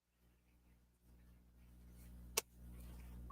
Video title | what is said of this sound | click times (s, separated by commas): Let's Build Mega Brands HKV07 Hot Wheels Twin Mill pt2 #Mega #HotWheels #TwinMill #MegaBrands | very satisfying snap | 2.4 s